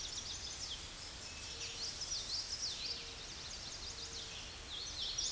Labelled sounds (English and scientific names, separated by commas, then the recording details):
Common Yellowthroat (Geothlypis trichas) song
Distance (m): 25 m
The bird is about 15 m above the microphone
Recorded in a Pennsylvania forest on 16 May 2024 at 07:42
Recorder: AudioMoth, point MSD-1295
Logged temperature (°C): 13.7 °C
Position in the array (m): 202 m, 101 m